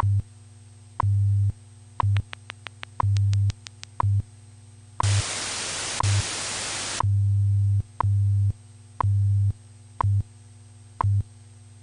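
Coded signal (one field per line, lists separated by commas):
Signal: radio time signal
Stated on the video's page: Live WWV time signal broadcast.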